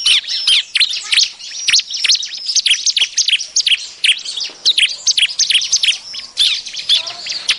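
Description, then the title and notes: Bar-winged prinia giving shrill, scratchy chirps in a dense chatter of high notes, broken by a few brief gaps throughout. Lure sound used to attract birds. "BURUNG CIBLEK MANCING LAINNYA. Suara Ciblek Pikat"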